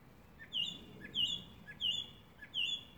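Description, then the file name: Song thrush repeating one whistled motif four times, roughly every two-thirds of a second, each a short low note then a bright falling whistle. "Drozd pevchij - Zvuki pevchego drozda"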